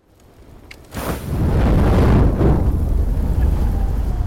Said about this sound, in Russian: К горящему дому Игната Борзова подъехали три машины скорой помощи и четыре машины полиции. Люди в них стали свидетелями двух сильных взрывов в здании.